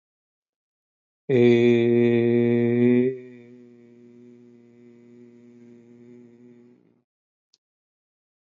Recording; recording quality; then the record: sustained vowel as in made; excellent, no background noise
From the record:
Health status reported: healthy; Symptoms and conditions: none ticked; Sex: male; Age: 52 years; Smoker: not ticked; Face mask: not worn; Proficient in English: yes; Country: India